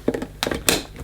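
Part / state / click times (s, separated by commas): plastic cover or container (probably the filter or dust housing) on the vacuum cleaner body / seated / 0.7 s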